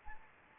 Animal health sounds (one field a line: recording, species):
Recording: mosquito wingbeat signal from an infrared sensor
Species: Anopheles gambiae